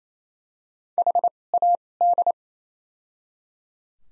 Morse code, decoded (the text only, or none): HAD